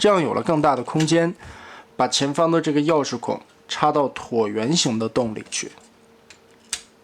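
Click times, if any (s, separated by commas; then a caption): 6.7 s. Someone talks while fitting a plastic keyhole-shaped tab on a ZETA Lightning Transformers transforming robot toy into the oval slot at the robot's shoulder, then pushes it forward. A faint tick comes at 6.3 s, then a sharp click at 6.7 s as the tab locks into place.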